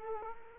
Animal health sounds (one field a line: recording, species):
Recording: mosquito wingbeat signal from an infrared sensor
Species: Culex quinquefasciatus